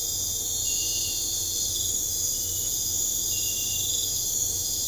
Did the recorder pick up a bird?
no